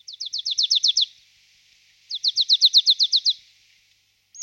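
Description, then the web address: Marsh tit song: two fast trills of about ten identical high, sharp notes each, separated by a short pause. "Sumpmejse"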